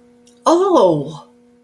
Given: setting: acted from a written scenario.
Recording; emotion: vocal sound without words; realization